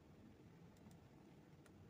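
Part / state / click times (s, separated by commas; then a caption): wifi antenna cable connector onto M.2 wireless card terminal / not seated / none. A black antenna coax cable's tiny snap-on connector is being handled over its terminal on the M.2 wireless card inside an Asus Vivo UN65U mini PC. Faint broadband handling noise and a few soft ticks are heard, the sharpest at about 1.7 s. Nothing has seated or clicked yet.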